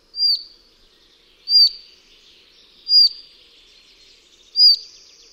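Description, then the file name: Collared flycatcher giving single sharp, high whistled calls, each dropping slightly in pitch, repeated about every one and a half seconds, four times. "MUCHOŁÓWKA BIAŁOSZYJA"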